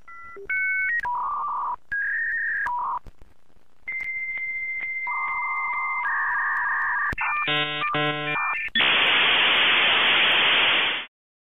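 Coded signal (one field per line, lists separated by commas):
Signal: dial-up modem handshake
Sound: dialing tones, a long steady answer tone, warbling two-tone chirps, then loud wideband hiss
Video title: Dial Up Internet - Sound Effect HD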